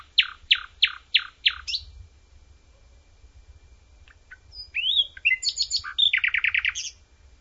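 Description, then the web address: Common nightingale singing a slow series of strong repeated notes, a short silence, then varied whistled notes ending in a rapid rattling trill. Outdoors. "draussen nachtigall"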